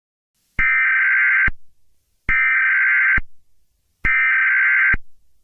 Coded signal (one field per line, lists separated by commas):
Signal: Emergency Alert System (SAME) tones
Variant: header bursts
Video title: EAS Scenario 14: Evil Turtle Attack